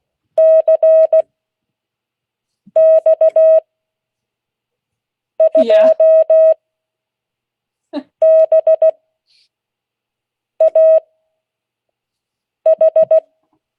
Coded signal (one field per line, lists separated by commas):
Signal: Morse code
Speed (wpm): 16 wpm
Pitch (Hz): 640 Hz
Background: speech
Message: CX2BAH